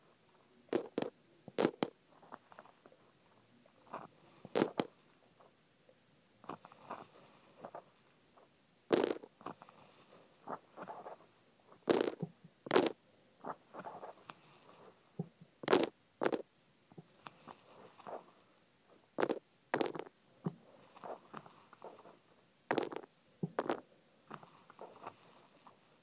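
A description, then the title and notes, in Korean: Sesame seeds poured into an ear make irregular bursts of dry crackling and sharp clicks, with brief quiet gaps between clusters throughout. 귀에 참깨 넣는 소리.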